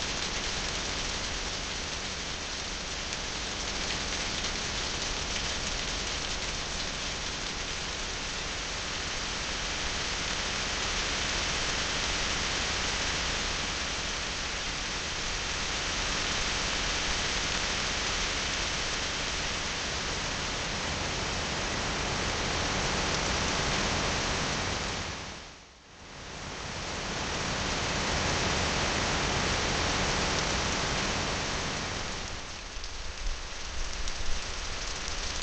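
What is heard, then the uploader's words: Pouring rain hisses in a dense, steady wash, briefly dropping away around twenty-five seconds before returning with sharper patters near the end. Pouring rain.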